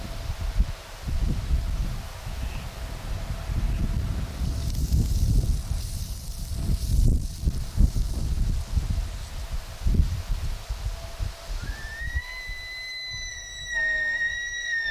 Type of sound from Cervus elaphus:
rut call